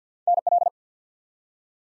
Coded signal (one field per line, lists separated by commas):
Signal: Morse code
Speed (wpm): 47 wpm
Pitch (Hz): 700 Hz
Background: none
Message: NL